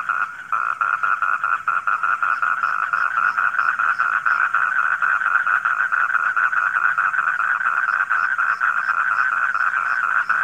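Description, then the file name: Frog chorus, a dense continuous rattling trill of rapid pulses, with faint higher calls in the background. Frogs calling at night. "suara kodok di malam hari"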